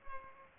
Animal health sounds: mosquito wingbeat signal from an infrared sensor; Culex pipiens

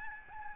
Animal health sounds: mosquito wingbeat signal from an infrared sensor; Aedes albopictus

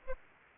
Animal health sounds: mosquito wingbeat signal from an infrared sensor; Aedes aegypti

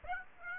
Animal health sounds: mosquito wingbeat signal from an infrared sensor; Aedes aegypti

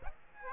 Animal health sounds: mosquito wingbeat signal from an infrared sensor; Aedes aegypti

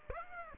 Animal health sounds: mosquito wingbeat signal from an infrared sensor; Aedes aegypti

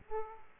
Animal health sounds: mosquito wingbeat signal from an infrared sensor; Aedes aegypti

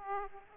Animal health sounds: mosquito wingbeat signal from an infrared sensor; Aedes aegypti

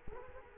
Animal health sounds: mosquito wingbeat signal from an infrared sensor; Culex quinquefasciatus

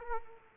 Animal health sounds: mosquito wingbeat signal from an infrared sensor; Aedes aegypti

